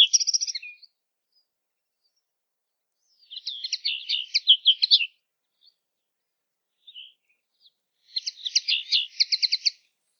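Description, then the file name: Common linnet song: three bursts of quick twittering and chattering notes with short rattled trills, separated by quiet pauses. "kneu zang"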